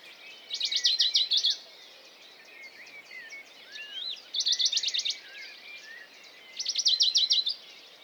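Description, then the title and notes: Western Bonelli's warbler singing three rapid dry trills, with scattered calls of other birds underneath. Dawn chorus, 6 May 2020, Piste aux espagnols, Valmaravel, Drôme; unpaired bird perched on a small pine branch, rapid courtship song to attract a female; Nagra Seven recorder, MKH40 microphone. "CHORUS DE BONELLI. 06 mai 2020-Piste aux espagnols - Valmaravel - Drôme - Nagra seven - mkh40 Le chorus (lever du jour des oiseaux) est très intéressant ce matin de mai par ce chant étonnant du Pouillot de Bonelli (Phylloscopus bonelli)"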